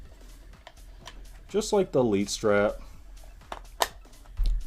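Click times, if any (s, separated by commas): 3.8 s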